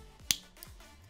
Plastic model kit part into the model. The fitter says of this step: click super good. There you go.